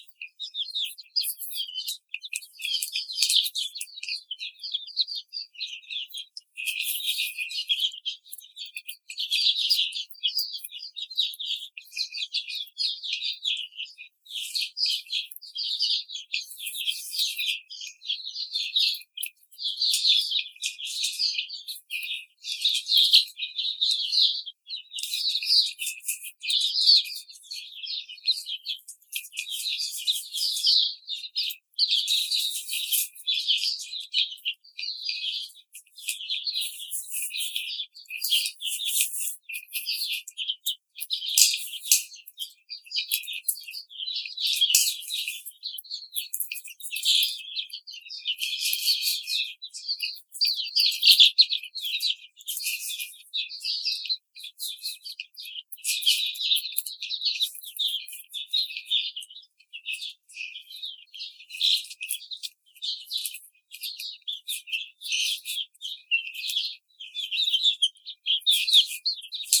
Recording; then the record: young laying hens in a cage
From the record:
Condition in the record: treatment cage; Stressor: simulated dog barking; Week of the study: 5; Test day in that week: 1